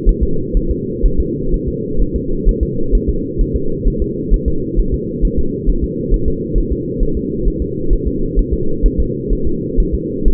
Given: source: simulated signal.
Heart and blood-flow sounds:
fetal heart sounds
0.09 s: S1
0.23 s: S2
0.57 s: S1
0.71 s: S2
1.06 s: S1
1.20 s: S2
1.54 s: S1
1.68 s: S2
2.02 s: S1
2.16 s: S2
2.49 s: S1
2.63 s: S2
2.95 s: S1
3.09 s: S2
3.41 s: S1
3.56 s: S2
3.88 s: S1
4.02 s: S2
4.34 s: S1
4.48 s: S2
4.79 s: S1
4.94 s: S2
5.25 s: S1
5.39 s: S2
5.69 s: S1
5.84 s: S2
6.14 s: S1
6.28 s: S2
6.58 s: S1
6.72 s: S2
7.03 s: S1
7.17 s: S2
7.48 s: S1
7.62 s: S2
7.93 s: S1
8.07 s: S2
8.39 s: S1
8.54 s: S2
8.86 s: S1
9.00 s: S2
9.33 s: S1
9.47 s: S2
9.80 s: S1
9.95 s: S2
10.28 s: S1
From the record:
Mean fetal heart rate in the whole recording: 130 bpm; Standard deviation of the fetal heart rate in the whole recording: 4 bpm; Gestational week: 38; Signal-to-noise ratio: -8.1 dB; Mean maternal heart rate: 72 bpm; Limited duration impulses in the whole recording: present

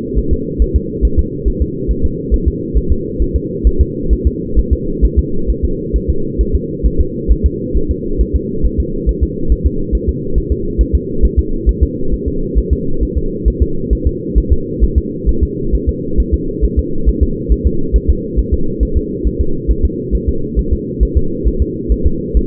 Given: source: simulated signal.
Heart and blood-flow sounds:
fetal heart sounds
0.19 s: S1
0.33 s: S2
0.62 s: S1
0.76 s: S2
1.05 s: S1
1.19 s: S2
1.48 s: S1
1.62 s: S2
1.91 s: S1
2.05 s: S2
2.34 s: S1
2.48 s: S2
2.78 s: S1
2.92 s: S2
3.22 s: S1
3.36 s: S2
3.67 s: S1
3.81 s: S2
4.13 s: S1
4.27 s: S2
4.59 s: S1
4.73 s: S2
5.05 s: S1
5.19 s: S2
5.50 s: S1
5.65 s: S2
5.96 s: S1
6.10 s: S2
6.41 s: S1
6.55 s: S2
6.86 s: S1
7.01 s: S2
7.32 s: S1
7.46 s: S2
7.77 s: S1
7.91 s: S2
8.21 s: S1
8.36 s: S2
8.66 s: S1
8.80 s: S2
9.09 s: S1
9.23 s: S2
9.52 s: S1
9.66 s: S2
9.95 s: S1
10.09 s: S2
10.38 s: S1
10.52 s: S2
10.81 s: S1
10.95 s: S2
11.25 s: S1
11.39 s: S2
11.69 s: S1
11.83 s: S2
12.14 s: S1
12.28 s: S2
12.58 s: S1
12.73 s: S2
13.03 s: S1
13.18 s: S2
13.48 s: S1
13.62 s: S2
13.93 s: S1
14.07 s: S2
14.38 s: S1
14.52 s: S2
14.84 s: S1
14.98 s: S2
15.29 s: S1
15.43 s: S2
15.75 s: S1
15.89 s: S2
16.20 s: S1
16.34 s: S2
16.65 s: S1
16.79 s: S2
17.09 s: S1
17.23 s: S2
17.52 s: S1
17.67 s: S2
17.96 s: S1
18.10 s: S2
18.39 s: S1
18.54 s: S2
18.83 s: S1
18.97 s: S2
19.27 s: S1
19.41 s: S2
19.71 s: S1
19.85 s: S2
20.15 s: S1
20.29 s: S2
20.59 s: S1
20.73 s: S2
21.03 s: S1
21.17 s: S2
21.48 s: S1
21.62 s: S2
21.92 s: S1
22.06 s: S2
22.37 s: S1
From the record:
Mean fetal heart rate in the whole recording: 135 bpm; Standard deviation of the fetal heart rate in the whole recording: 3 bpm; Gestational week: 34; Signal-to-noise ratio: -8.1 dB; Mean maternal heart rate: 72 bpm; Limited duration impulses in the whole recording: absent

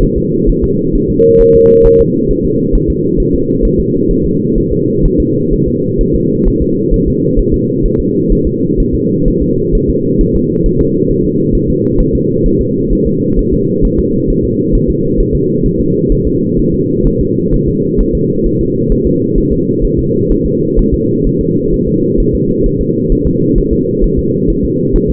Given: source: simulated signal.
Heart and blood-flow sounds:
fetal heart sounds
0.03 s: S1
0.18 s: S2
0.49 s: S1
0.64 s: S2
0.95 s: S1
1.10 s: S2
1.41 s: S1
1.55 s: S2
1.86 s: S1
2.00 s: S2
2.31 s: S1
2.45 s: S2
2.75 s: S1
2.90 s: S2
3.20 s: S1
3.35 s: S2
3.65 s: S1
3.80 s: S2
4.11 s: S1
4.26 s: S2
4.58 s: S1
4.72 s: S2
5.05 s: S1
5.20 s: S2
5.53 s: S1
5.68 s: S2
6.01 s: S1
6.16 s: S2
6.48 s: S1
6.62 s: S2
6.94 s: S1
7.08 s: S2
7.39 s: S1
7.54 s: S2
7.86 s: S1
8.00 s: S2
8.32 s: S1
8.47 s: S2
8.80 s: S1
8.95 s: S2
9.28 s: S1
9.42 s: S2
9.75 s: S1
9.90 s: S2
10.21 s: S1
10.36 s: S2
10.66 s: S1
10.81 s: S2
11.11 s: S1
11.25 s: S2
11.55 s: S1
11.70 s: S2
12.00 s: S1
12.15 s: S2
12.46 s: S1
12.61 s: S2
12.93 s: S1
13.07 s: S2
13.39 s: S1
13.54 s: S2
13.85 s: S1
13.99 s: S2
14.30 s: S1
14.45 s: S2
14.75 s: S1
14.90 s: S2
15.20 s: S1
15.35 s: S2
15.66 s: S1
15.80 s: S2
16.12 s: S1
16.27 s: S2
16.59 s: S1
16.74 s: S2
17.07 s: S1
17.21 s: S2
17.54 s: S1
17.68 s: S2
18.00 s: S1
18.15 s: S2
18.46 s: S1
18.61 s: S2
18.92 s: S1
19.07 s: S2
19.38 s: S1
19.53 s: S2
19.85 s: S1
19.99 s: S2
20.32 s: S1
20.46 s: S2
20.79 s: S1
20.94 s: S2
21.27 s: S1
21.41 s: S2
21.74 s: S1
21.88 s: S2
22.20 s: S1
22.35 s: S2
22.66 s: S1
22.81 s: S2
23.12 s: S1
23.27 s: S2
23.58 s: S1
23.73 s: S2
24.04 s: S1
24.19 s: S2
24.50 s: S1
24.65 s: S2
24.96 s: S1
25.10 s: S2
From the record:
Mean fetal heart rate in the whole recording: 130 bpm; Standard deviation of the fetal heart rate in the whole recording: 4 bpm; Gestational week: 38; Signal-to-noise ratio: -11.2 dB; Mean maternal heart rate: 72 bpm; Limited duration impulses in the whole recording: present

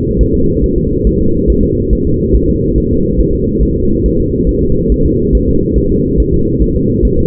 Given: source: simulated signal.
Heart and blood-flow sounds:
fetal heart sounds
0.21 s: S1
0.35 s: S2
0.64 s: S1
0.78 s: S2
1.07 s: S1
1.21 s: S2
1.50 s: S1
1.64 s: S2
1.93 s: S1
2.07 s: S2
2.36 s: S1
2.50 s: S2
2.78 s: S1
2.92 s: S2
3.21 s: S1
3.35 s: S2
3.63 s: S1
3.77 s: S2
4.06 s: S1
4.20 s: S2
4.49 s: S1
4.63 s: S2
4.92 s: S1
5.06 s: S2
5.35 s: S1
5.49 s: S2
5.78 s: S1
5.92 s: S2
6.20 s: S1
6.34 s: S2
6.62 s: S1
6.76 s: S2
7.05 s: S1
7.19 s: S2
From the record:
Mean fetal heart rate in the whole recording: 140 bpm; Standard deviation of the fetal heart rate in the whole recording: 2 bpm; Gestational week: 34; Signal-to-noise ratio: -15.3 dB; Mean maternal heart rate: 72 bpm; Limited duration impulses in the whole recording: present

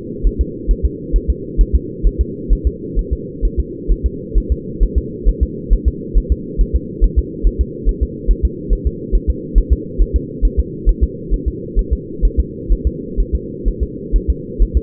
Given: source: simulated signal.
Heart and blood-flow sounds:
fetal heart sounds
0.27 s: S1
0.41 s: S2
0.71 s: S1
0.85 s: S2
1.16 s: S1
1.30 s: S2
1.61 s: S1
1.75 s: S2
2.07 s: S1
2.21 s: S2
2.53 s: S1
2.67 s: S2
2.99 s: S1
3.13 s: S2
3.45 s: S1
3.60 s: S2
3.92 s: S1
4.06 s: S2
4.38 s: S1
4.52 s: S2
4.83 s: S1
4.98 s: S2
5.29 s: S1
5.43 s: S2
5.73 s: S1
5.88 s: S2
6.18 s: S1
6.32 s: S2
6.61 s: S1
6.75 s: S2
7.04 s: S1
7.19 s: S2
7.47 s: S1
7.61 s: S2
7.89 s: S1
8.03 s: S2
8.31 s: S1
8.45 s: S2
8.73 s: S1
8.87 s: S2
9.15 s: S1
9.30 s: S2
9.58 s: S1
9.73 s: S2
10.02 s: S1
10.16 s: S2
10.45 s: S1
10.59 s: S2
10.89 s: S1
11.03 s: S2
11.34 s: S1
11.48 s: S2
11.79 s: S1
11.93 s: S2
12.25 s: S1
12.40 s: S2
12.73 s: S1
12.87 s: S2
13.20 s: S1
13.35 s: S2
13.68 s: S1
13.83 s: S2
14.16 s: S1
14.30 s: S2
14.62 s: S1
14.77 s: S2
From the record:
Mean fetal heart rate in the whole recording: 135 bpm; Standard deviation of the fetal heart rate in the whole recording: 3 bpm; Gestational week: 36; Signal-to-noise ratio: -4.1 dB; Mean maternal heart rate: no maternal heart sound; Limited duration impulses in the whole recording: absent

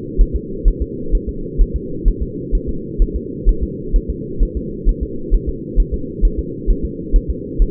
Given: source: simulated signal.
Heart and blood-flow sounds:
fetal heart sounds
0.21 s: S1
0.36 s: S2
0.68 s: S1
0.82 s: S2
1.15 s: S1
1.29 s: S2
1.61 s: S1
1.76 s: S2
2.08 s: S1
2.22 s: S2
2.55 s: S1
2.69 s: S2
3.02 s: S1
3.16 s: S2
3.49 s: S1
3.63 s: S2
3.96 s: S1
4.10 s: S2
4.43 s: S1
4.57 s: S2
4.89 s: S1
5.03 s: S2
5.34 s: S1
5.49 s: S2
5.80 s: S1
5.94 s: S2
6.25 s: S1
6.39 s: S2
6.70 s: S1
6.85 s: S2
7.16 s: S1
7.30 s: S2
7.62 s: S1
From the record:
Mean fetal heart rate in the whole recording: 130 bpm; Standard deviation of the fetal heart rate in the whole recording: 4 bpm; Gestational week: 38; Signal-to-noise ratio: -4.3 dB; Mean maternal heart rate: 72 bpm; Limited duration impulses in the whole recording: present

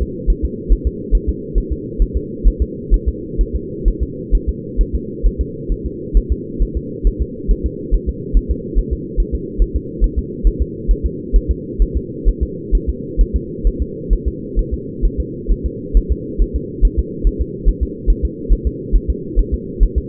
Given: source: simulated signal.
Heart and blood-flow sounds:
fetal heart sounds
0.02 s: S2
0.30 s: S1
0.45 s: S2
0.72 s: S1
0.87 s: S2
1.15 s: S1
1.29 s: S2
1.58 s: S1
1.73 s: S2
2.02 s: S1
2.17 s: S2
2.48 s: S1
2.62 s: S2
2.94 s: S1
3.09 s: S2
3.41 s: S1
3.55 s: S2
3.88 s: S1
4.03 s: S2
4.35 s: S1
4.49 s: S2
4.81 s: S1
4.95 s: S2
5.26 s: S1
5.41 s: S2
5.72 s: S1
5.86 s: S2
6.17 s: S1
6.32 s: S2
6.62 s: S1
6.77 s: S2
7.07 s: S1
7.22 s: S2
7.51 s: S1
7.66 s: S2
7.94 s: S1
8.09 s: S2
8.37 s: S1
8.51 s: S2
8.79 s: S1
8.93 s: S2
9.20 s: S1
9.35 s: S2
9.62 s: S1
9.76 s: S2
10.04 s: S1
10.19 s: S2
10.47 s: S1
10.62 s: S2
10.91 s: S1
11.06 s: S2
11.36 s: S1
11.51 s: S2
11.82 s: S1
11.97 s: S2
12.29 s: S1
12.43 s: S2
12.75 s: S1
12.89 s: S2
13.21 s: S1
13.36 s: S2
13.67 s: S1
13.82 s: S2
14.13 s: S1
14.28 s: S2
14.59 s: S1
14.74 s: S2
15.05 s: S1
15.20 s: S2
15.52 s: S1
15.66 s: S2
15.97 s: S1
16.12 s: S2
16.42 s: S1
16.56 s: S2
16.85 s: S1
16.99 s: S2
17.27 s: S1
17.41 s: S2
17.68 s: S1
17.83 s: S2
18.10 s: S1
18.25 s: S2
18.53 s: S1
18.67 s: S2
18.96 s: S1
19.10 s: S2
19.39 s: S1
19.54 s: S2
19.83 s: S1
19.98 s: S2
From the record:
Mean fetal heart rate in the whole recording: 135 bpm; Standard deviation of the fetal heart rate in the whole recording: 3 bpm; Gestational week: 36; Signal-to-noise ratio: -4.1 dB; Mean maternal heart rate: no maternal heart sound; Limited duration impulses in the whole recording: absent

